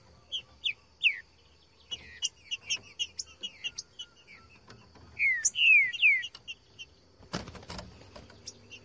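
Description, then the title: Green-winged Saltator with scattered chips building to a bright run of falling slurred whistles, then a sharp thump and a few soft notes. Song in the bush, used to warm up a trinca-ferro and get it singing; song labelled "voz 10". "Canto De Trinca Ferro Voz 10. TRINCA FERRO CANTANDO NO MATO. ESQUENTAR TRINCA FERRO"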